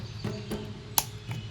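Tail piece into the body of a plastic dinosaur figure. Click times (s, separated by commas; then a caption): 1.0 s. The plastic tail piece of a toy Ceratosaurus dinosaur figure is pushed into its body, giving a sharp click at 0.98 s that shows the tail has clicked in and seated. Softer taps come at about 0.25 s, 0.53 s and 1.31 s over a low background hum.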